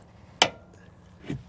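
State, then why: Seated. The red position lock tab on the wheel speed sensor connector of a 2015-2020 GMC Yukon, part of a front wheel bearing replacement, is pressed in, possibly with pliers. A single sharp, loud snap sounds at 0.4 s, followed by a softer, duller knock around 1.3 s. The tab is locked in and the connector is seated.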